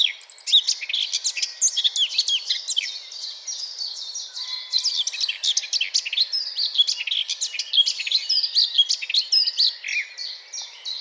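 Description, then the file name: Eurasian blackcap song, dense and hurried, a long stream of chattering and whistled notes with hardly any gaps. "Sylvia atricapilla"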